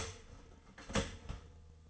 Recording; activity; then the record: daily activity, microphone in the room; start toaster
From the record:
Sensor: 4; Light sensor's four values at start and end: 22/68/26/26 and 22/67/26/26